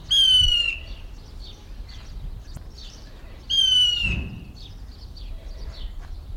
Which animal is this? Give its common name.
White-throated Laughingthrush